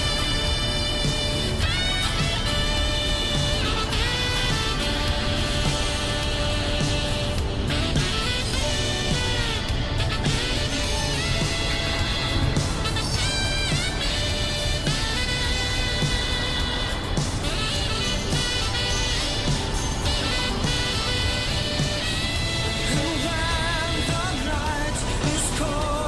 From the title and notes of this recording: An 80s Summer Drive. This video includes the sounds of distant waves against the coast you're driving along, with the crackle of the radio and the rather comforting sounds of the vehicle around you.